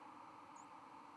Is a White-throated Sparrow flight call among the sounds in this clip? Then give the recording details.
no. Another species' flight call is heard. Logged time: 02:01 on 31 October 2014